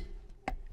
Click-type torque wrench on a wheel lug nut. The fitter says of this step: Tighten in a star pattern, provide steady pressure till it clicks.